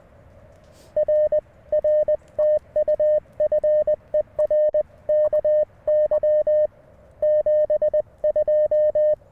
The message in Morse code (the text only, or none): R R TU FER KY 72